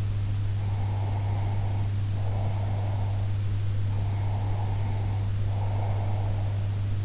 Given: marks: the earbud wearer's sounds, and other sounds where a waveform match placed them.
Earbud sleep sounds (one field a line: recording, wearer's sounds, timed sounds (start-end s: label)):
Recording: sounds in sleep by an in-ear microphone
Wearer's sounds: breath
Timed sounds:
0.62-3.37 s: breath
3.88-6.88 s: breath